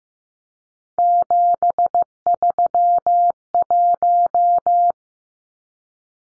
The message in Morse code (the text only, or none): 731